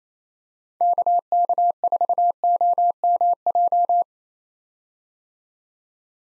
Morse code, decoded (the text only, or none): KK4OMJ